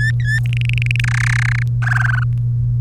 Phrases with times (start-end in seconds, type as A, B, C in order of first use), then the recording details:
0.00-0.39 A, 0.46-1.00 B, 1.04-1.63 C, 1.82-2.23 D. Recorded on 3 May 2018 at 12:10. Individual llb3